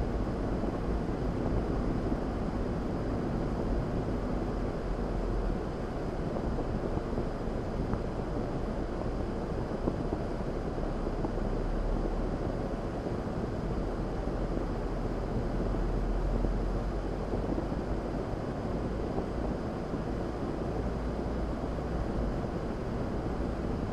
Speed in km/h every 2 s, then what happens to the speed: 52, 47, 39, 24, 23, 26, 29, 31, 34, 39, 42, 47.
0-8 brakes to 23. 8-24 speeds up to 47.